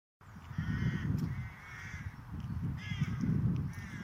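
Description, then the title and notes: Crows cawing: harsh, harmonic caws in several bursts over a constant low rumble. Several crows cawing in a park. "Craillements de corbeaux dans un parc."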